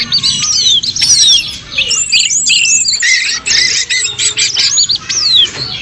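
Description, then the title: Bird song with sharp descending whistles and rapid high chirps, several birds overlapping in a lively chattering mix. "SuaraBurung Kicau3"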